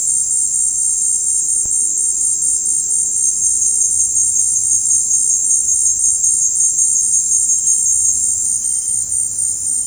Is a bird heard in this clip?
no